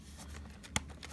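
A plastic headband ratchet is pressed onto the mounting pegs inside an N5a/N6a leather fire helmet, with quiet background handling. One sharp snap at 0.8 s marks the ratchet seating onto the second peg.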